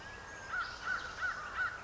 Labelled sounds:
American Crow (Corvus brachyrhynchos)
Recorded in Sonoma County, California

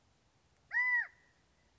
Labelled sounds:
California Quail (Callipepla californica)
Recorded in Sonoma County, California

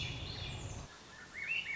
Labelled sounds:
Swainson's Thrush (Catharus ustulatus)
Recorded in Sonoma County, California

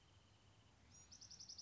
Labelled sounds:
Bewick's Wren (Thryomanes bewickii)
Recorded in Sonoma County, California

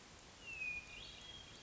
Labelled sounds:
Hermit Thrush (Catharus guttatus)
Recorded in Sonoma County, California

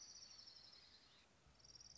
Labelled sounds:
Orange-crowned Warbler (Leiothlypis celata)
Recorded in Sonoma County, California

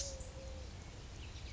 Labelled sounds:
Eurasian Collared Dove (Streptopelia decaocto)
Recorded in Sonoma County, California

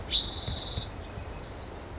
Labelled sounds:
Spotted Towhee (Pipilo maculatus)
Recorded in Sonoma County, California

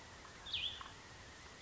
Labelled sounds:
Cassin's Vireo (Vireo cassinii)
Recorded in Sonoma County, California

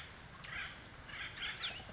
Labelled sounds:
Acorn Woodpecker (Melanerpes formicivorus)
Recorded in Sonoma County, California

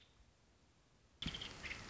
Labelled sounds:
Nuttall's Woodpecker (Dryobates nuttallii)
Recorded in Sonoma County, California

